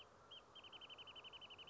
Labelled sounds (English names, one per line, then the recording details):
Wrentit
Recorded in Sonoma County, California